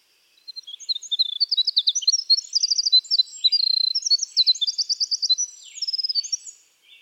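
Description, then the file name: Winter wren delivering a long, fast song of sparkling high notes and repeated trills, with brief softer notes trailing after it. "Troglodytes hiemalis - Winter Wren"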